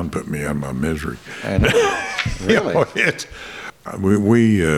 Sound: laughing